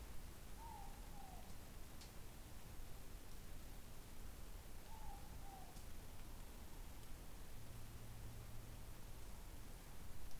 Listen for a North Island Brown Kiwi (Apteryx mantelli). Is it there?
no